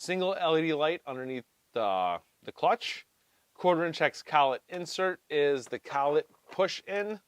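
A man talks while a 1/4 inch hex bit is handled at the hex collet of a Makita 12V brushless cordless screwdriver, which has a single LED light underneath the clutch. The collet is not push-in and must be adjusted for the bit to go in and lock into place. The clip ends before the bit goes home, so nothing has seated or clicked yet.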